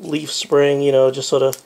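The main blade of a Wenger EvoGrip 18 pocket multi-tool knife is handled while being opened; it is a non-locking slip-joint blade held by a leaf-spring backspring, meant for light duty. Someone talks throughout. Nothing has clicked or seated yet by the end of the clip.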